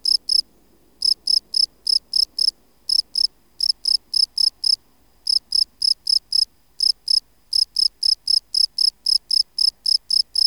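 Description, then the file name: Field cricket song: shrill pulsed chirps delivered in short bursts broken by several brief pauses, about four chirps a second within each burst. "Bio Acoustica. Gryllus campestris"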